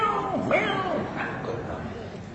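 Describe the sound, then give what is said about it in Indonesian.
A voice imitates a kitten's meow with a few short, gliding, whiny cries that rise and fall in pitch, followed by a fainter trailing murmur. “Anak kucing.”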